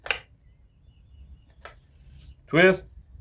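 A locking pin is held in the gearhead hole on the left side of a Stihl FS 56 RC string trimmer while the trimmer head is twisted, producing a sharp handling tick near 0.1 s and another brief tick around 1.6 s, and someone talks near 2.6 s. The pin has not yet dropped into the disc slot; nothing has seated or clicked yet.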